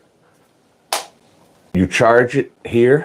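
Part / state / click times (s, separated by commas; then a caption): clip-on wireless microphone into its charging case / seated / 0.9 s. Clip-on wireless microphone pieces are dropped into their compact charging case. A sharp snap at 0.9 s marks them seating in the case, and then someone talks.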